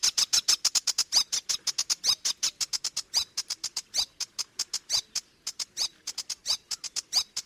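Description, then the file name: Sedge warbler singing a rapid run of dry, clicking notes, with a few sharper notes and one brief pause. "Phragmite des joncs"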